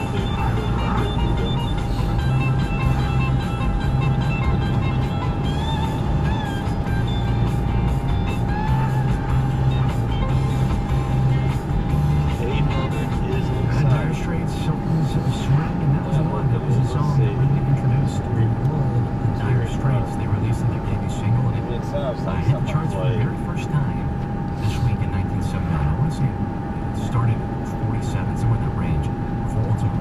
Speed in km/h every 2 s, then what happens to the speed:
95, 95, 98, 97, 97, 97, 98, 98, 98, 98, 97, 95, 95, 95, 95.
0-30 steady at about 97.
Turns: none.